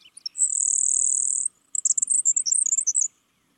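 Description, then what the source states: Grasshopper sparrow song: a few thin ticks, then a long, high, even insect-like buzz, followed by a rapid jumble of very high squeaky notes. Song so buzzy that it is easily mistaken for an insect.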